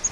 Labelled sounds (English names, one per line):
Grace's Warbler flight call